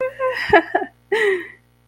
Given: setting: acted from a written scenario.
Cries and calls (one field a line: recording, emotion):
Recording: vocal sound without words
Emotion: triumph